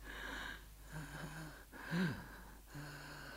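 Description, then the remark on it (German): Raspy, rattling breaths wheeze in and out in slow cycles, a harsh whistling tone riding each exhale, with one louder, strained gasp near the middle. No one speaks. “Hörst du, wie meine Lunge rasselt? Wie der Besen eines Straßenfegers.”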